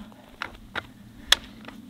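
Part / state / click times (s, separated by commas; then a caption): bowstring into crossbow trigger latch / seated / 1.3 s. While cocking an EK Siege 300 compound crossbow, the bowstring is pulled back until it latches into the trigger catch. Softer clicks and rattles come at about 0.4 s and 0.8 s over a low background hum. One loud, sharp click at 1.3 s marks the string seating in the trigger latch, followed by faint ticks at 1.7 s and 1.9 s.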